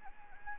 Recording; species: mosquito wingbeat signal from an infrared sensor; Anopheles gambiae